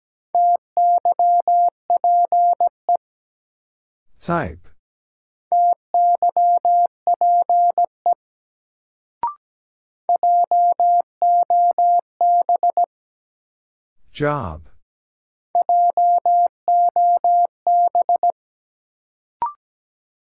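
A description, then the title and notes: Morse code beeps in a steady mid-pitched tone, sent in four bursts of rapid dots and dashes, each lasting about three seconds. Between bursts, two sharp swooping noises cut in near four and fourteen seconds, followed by brief clicks; otherwise silence. Sentences from Top 600 Words - New Word Drill - 17wpm. First, the word is sent in Morse code.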